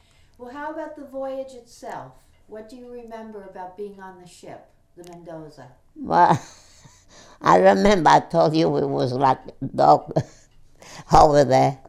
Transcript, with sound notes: Well, how about the voyage itself? Whta do you remember about being on the ship, the Mendoza? ( she laughs )
I remember I told you it was like dogs over there.